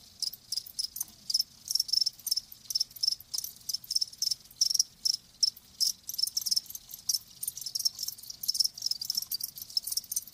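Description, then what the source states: Crickets giving a fast, steady series of high pulsed chirps, several per second. Live crickets chirping with a lulling song.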